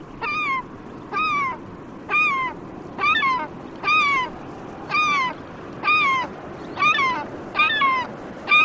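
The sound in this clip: Bird calls, a nasal falling note repeated regularly roughly once per second, about ten times, with background hiss.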